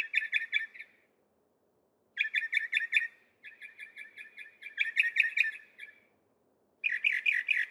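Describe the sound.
Northern mockingbird singing phrases of fast repeated harsh chirps, separated by short gaps.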